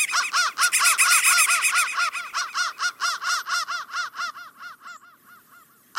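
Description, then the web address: Crow caws: hoarse arched notes repeated about twice a second, fading toward the end. "soundfactory crow 1"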